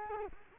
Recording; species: mosquito wingbeat signal from an infrared sensor; Culex quinquefasciatus